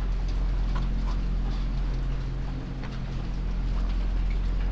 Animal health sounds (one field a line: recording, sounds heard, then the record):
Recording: poultry house recording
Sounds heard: sick chickens (respiratory disease)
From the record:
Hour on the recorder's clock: 1